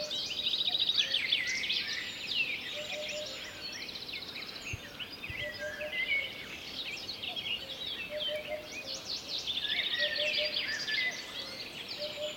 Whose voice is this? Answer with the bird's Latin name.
Upupa epops